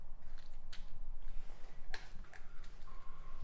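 A multi-shot rotary magazine is handled and pushed toward the action of a Benjamin Kratos PCP air rifle, giving a few light handling ticks and rattles over low background noise. The magazine has not seated yet, and no snap into place is heard.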